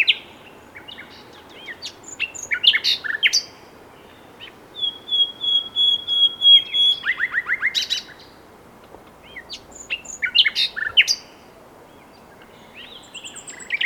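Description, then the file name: Common nightingale song: varied phrases of sharp notes, a long thin whistled series, and fast repeated staccato trills, separated by short pauses. "Luscinia megarhynchos"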